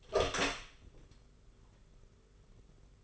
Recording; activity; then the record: daily activity, microphone in the room; open door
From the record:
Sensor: 4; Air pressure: 991.2 hPa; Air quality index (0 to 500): 133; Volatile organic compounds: 47 ppm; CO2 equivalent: 3251 ppm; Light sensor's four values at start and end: 9/22/8/9 and 15/36/14/15